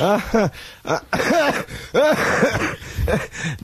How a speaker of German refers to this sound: Wenn ich lach, muss ich immer husten.